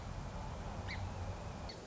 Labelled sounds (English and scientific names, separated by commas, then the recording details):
Song Sparrow (Melospiza melodia)
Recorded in Sonoma County, California